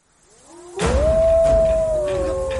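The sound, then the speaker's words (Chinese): Wolves howl together, long rising wails that swell and hold a steady high pitch, several voices layered over a loud, rumbling wash of background noise. “这什么呀？ 狼群，是狼群”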